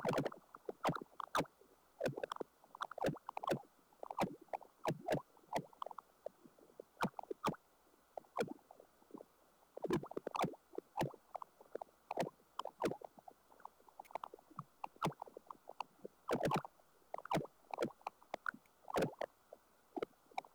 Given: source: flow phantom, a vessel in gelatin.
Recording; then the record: Doppler ultrasound of air bubbles in flowing water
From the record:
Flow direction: towards the transducer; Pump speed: changing at random every second, 150 to 250 rpm (540 to 900 mL/min); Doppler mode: pulsed wave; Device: 7 MHz transducer